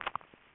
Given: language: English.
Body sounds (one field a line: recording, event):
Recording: throat vibration sensor signal played as sound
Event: swallow